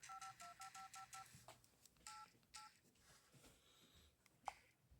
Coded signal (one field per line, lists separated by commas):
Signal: DTMF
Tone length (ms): 140 ms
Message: 525555 88